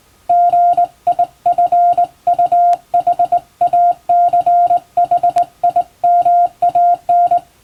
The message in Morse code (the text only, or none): GIFUHACHIMAN